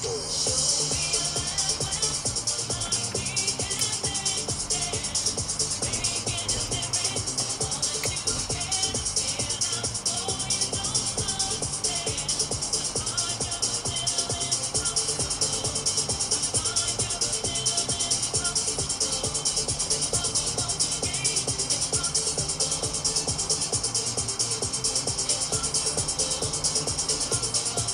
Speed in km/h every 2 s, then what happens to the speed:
89, 92, 97, 92, 90, 94, 94, 91, 89, 90, 93, 91, 92, 92.
0-4 speeds up to 97. 4-7 slows to 90. 7-28 steady at about 91.